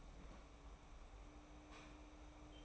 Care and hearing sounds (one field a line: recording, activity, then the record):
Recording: daily activity, microphone in the room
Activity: open fridge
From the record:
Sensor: 1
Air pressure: 990.9 hPa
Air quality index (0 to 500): 110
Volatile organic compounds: 104 ppm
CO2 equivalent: 3777 ppm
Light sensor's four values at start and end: 24/56/24/26 and 24/56/24/26